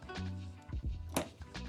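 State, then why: Not seated. A tiny round NFC coil cable plug is pressed onto the printhead board connector of a Prusa CORE One kit's Nextruder. Music plays under soft handling noises, with a faint tap near 0.0 s and a sharper tap near 1.2 s. The plug has not clicked or seated yet.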